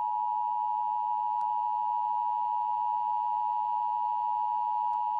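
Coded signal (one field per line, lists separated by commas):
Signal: Emergency Alert System (SAME) tones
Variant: 853 and 960 Hz attention tone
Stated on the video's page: Tornado warning for Granbury, Texas, presented as it might have appeared over the Emergency Alert System; a recreation.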